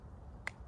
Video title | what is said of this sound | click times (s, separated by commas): Now that’s a Nice Knife! What’s in the Box? A gift from Jesse | okay and then it just snaps right in | 0.5 s